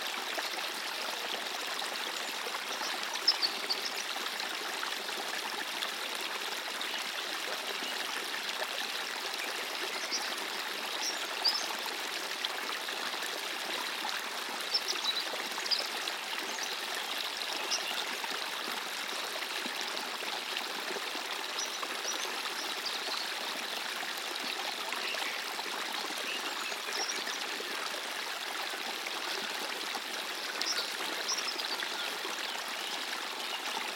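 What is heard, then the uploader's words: Natural water flows in a steady, dense rush with bright splashy detail, constant throughout, with a few slightly louder splashes along the way. Natural Flowing Water.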